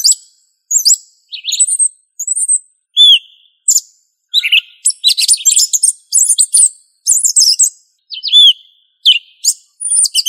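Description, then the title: Thrush song of high twittering and sharp squeaky notes, with an occasional clear slurred whistle, broken into short bursts. Family Turdidae; called sabiá. "Familia Turdidae - Sabia"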